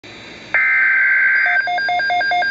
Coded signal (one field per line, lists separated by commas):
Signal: Emergency Alert System (SAME) tones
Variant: header bursts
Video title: Tornado Watch (EAS#388)